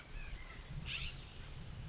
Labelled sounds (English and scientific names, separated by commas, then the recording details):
California Scrub-Jay (Aphelocoma californica)
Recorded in Sonoma County, California